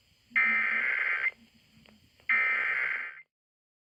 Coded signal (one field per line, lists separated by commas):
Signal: Emergency Alert System (SAME) tones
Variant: header bursts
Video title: MN/WI test TOR part 1 (1:45 PM CDT) (EAS #558-559)